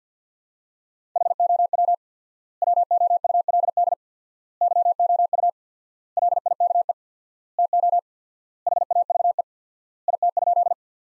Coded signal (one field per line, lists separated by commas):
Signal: Morse code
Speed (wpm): 50 wpm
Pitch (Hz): 700 Hz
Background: none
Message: HOW WOULD YOU LIKE TO HAVE IT?